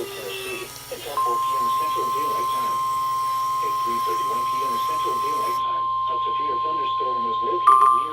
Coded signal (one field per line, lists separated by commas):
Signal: Emergency Alert System (SAME) tones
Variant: 1050 Hz attention tone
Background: speech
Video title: NOAA Radio (EAS # 343-354) Alerts From 5/20/18